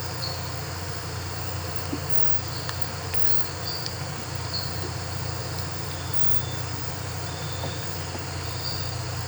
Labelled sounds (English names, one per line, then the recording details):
none
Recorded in pastures near Puerto Asís, Putumayo, Colombia, on 12 March 2025 at 00:30
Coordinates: 0.466, -76.322
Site CSA-02